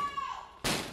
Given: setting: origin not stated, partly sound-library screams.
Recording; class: one-second piece from a danger detection set; woman in danger